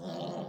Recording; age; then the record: pig call; piglet (1 to 25 days)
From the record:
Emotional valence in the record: negative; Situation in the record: long isolation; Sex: female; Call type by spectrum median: low-frequency call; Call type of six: low-frequency modulated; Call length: 0.48 s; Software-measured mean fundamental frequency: 59 Hz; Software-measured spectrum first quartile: 253 Hz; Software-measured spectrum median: 527 Hz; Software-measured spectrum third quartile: 905 Hz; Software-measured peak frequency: 182 Hz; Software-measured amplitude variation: 103 dB a second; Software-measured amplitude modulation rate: 24.9 a second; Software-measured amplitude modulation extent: 4.1 dB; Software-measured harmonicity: 1.4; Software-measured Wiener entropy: -0.28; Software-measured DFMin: 1178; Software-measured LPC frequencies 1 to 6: 628, 3083, 3695, 4276, 5274, 6730 Hz